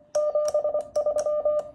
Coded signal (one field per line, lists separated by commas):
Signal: Morse code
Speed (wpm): 24 wpm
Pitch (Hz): 600 Hz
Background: none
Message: 73